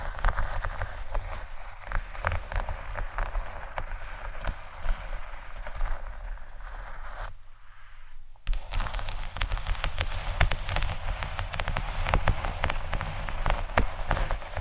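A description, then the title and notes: Faux leather being scratched gives a dense, continuous crackling rasp full of quick ticking clicks, something like rain pattering on a surface. A low rumble runs underneath. The sound thins and drops back briefly around seven to eight seconds, then resumes just as busy. ASMR Faux Leather Scratching（No Talking）.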